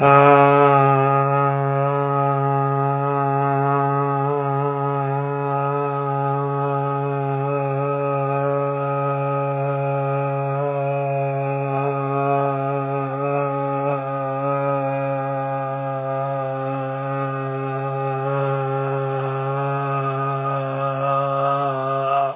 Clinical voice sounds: sustained vowel /a/; male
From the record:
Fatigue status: no fatigue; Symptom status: asymptomatic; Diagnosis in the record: COVID-19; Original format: 3gp

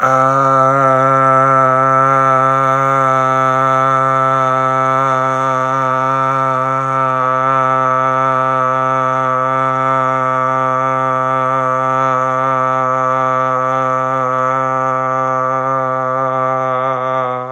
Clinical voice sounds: sustained vowel /a/; male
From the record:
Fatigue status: fatigue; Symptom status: symptomatic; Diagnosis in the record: COVID-19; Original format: m4a

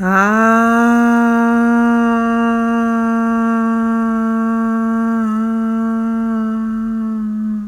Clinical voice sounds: sustained vowel /a/; female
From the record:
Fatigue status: no fatigue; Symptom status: asymptomatic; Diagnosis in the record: COVID-19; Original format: m4a

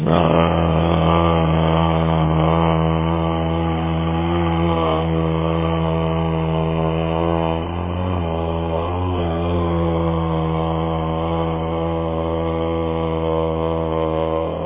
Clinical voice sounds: sustained vowel /a/; male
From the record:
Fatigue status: no fatigue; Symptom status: asymptomatic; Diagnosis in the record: COVID-19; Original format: 3gp

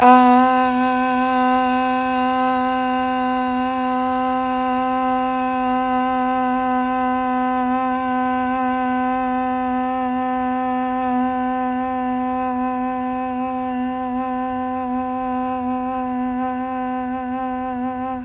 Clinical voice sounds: sustained vowel /a/; female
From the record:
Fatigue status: no fatigue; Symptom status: asymptomatic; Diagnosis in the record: COVID-19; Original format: m4a

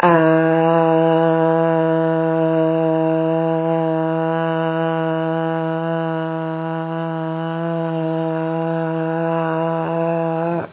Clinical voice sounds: sustained vowel /a/; female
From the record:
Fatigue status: fatigue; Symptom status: symptomatic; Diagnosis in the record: COVID-19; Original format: 3gp

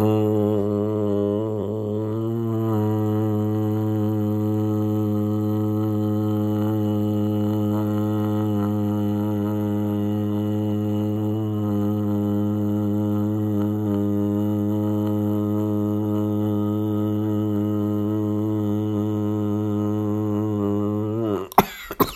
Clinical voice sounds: sustained vowel /a/; male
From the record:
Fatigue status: fatigue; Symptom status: symptomatic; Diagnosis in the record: COVID-19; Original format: m4a

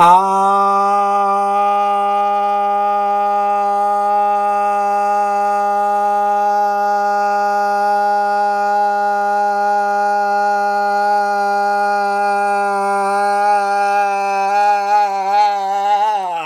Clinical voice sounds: sustained vowel /a/; male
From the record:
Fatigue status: no fatigue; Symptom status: asymptomatic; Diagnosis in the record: COVID-19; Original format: m4a

